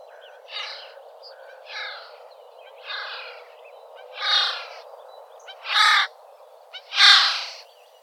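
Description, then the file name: Eurasian jay giving harsh, rasping screeches, six calls spaced a little over a second apart that grow louder toward the end. "Garrulus glandarius"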